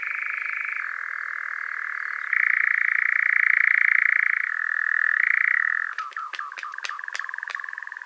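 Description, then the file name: European nightjar churring in a long, even mechanical trill that shifts pitch a few times, then several sharp wing claps crack out near the end as the churr grows quieter. "ENGOULEVENT ailes"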